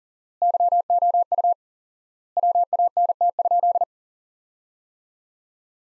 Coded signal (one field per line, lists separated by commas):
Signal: Morse code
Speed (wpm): 40 wpm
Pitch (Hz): 700 Hz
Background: none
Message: YOU WANT?